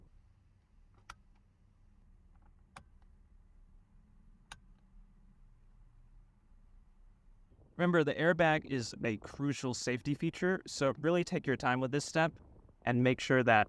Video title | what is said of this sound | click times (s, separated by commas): SNAIL WORKS – CARBON STEERING WHEEL INSTALL GUIDE | push all three corners down until you hear a solid click remember | 1.1 s, 2.8 s, 4.5 s